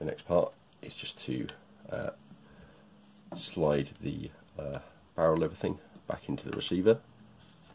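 Someone talks while handling the barrel assembly of a Marui AKM GBBR airsoft rifle, fitted with a new Maple Leaf Silicone 60° Mr Hop hop rubber, as it is about to be slid back into the rifle's receiver. Only speech and faint handling are heard. Nothing has seated or clicked yet.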